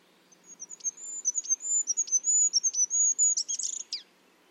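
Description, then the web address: Bird producing a fast chain of high-pitched whistles and flicking ticks, ending in a scratchy jumble of notes. "Bird Only"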